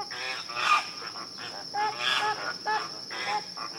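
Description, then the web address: Flamingos calling in a flock, nasal honks in clustered bursts over a steady high-pitched hiss. Flamingos in a wetland. "sound-effects-bible Wetland Flamingoes"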